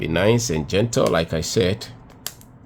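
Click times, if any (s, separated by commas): 2.3 s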